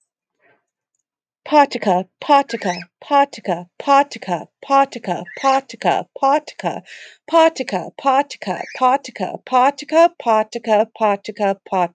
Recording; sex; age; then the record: repeated syllables /pa ta ka/; female; 30 to 39 years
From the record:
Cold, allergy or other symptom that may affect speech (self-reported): no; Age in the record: 38 years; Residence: Massachusetts, United States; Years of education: 14